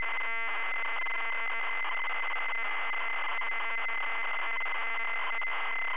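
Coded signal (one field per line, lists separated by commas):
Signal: ZX Spectrum tape loading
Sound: continuous harsh raspy buzzing data screech, fluttering rhythmically, no lead tone heard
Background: tape hiss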